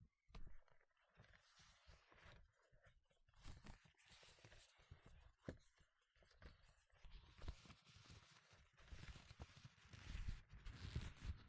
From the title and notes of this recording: 5 different GLOVES Sounds. (No Talking).